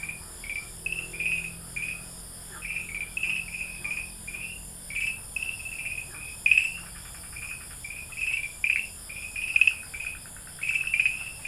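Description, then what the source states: Farmland green tree frog calls: many short bright chirping notes repeated in irregular bursts. Recorded at Dalin, 30 May 2009.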